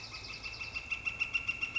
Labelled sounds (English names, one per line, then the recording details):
Northern Flicker
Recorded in Sonoma County, California